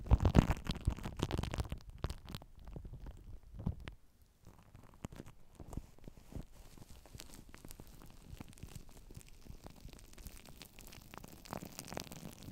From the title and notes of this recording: Super TINGLY Shaving Gel.